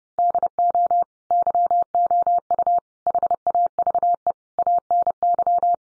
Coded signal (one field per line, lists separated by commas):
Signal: Morse code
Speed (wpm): 30 wpm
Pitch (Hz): 700 Hz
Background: none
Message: DO YOU HAVE ANY